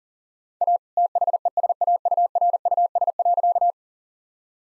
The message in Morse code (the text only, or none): A THESAURUS.